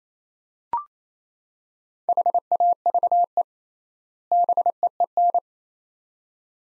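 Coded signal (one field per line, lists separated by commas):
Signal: Morse code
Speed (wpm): 28 wpm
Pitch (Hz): 700 Hz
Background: none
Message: HAVE BEEN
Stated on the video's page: Morse code word-pair practice at 28 wpm with 3x word spacing, a Farnsworth-like method applied to words; each pair sent in Morse, then spoken.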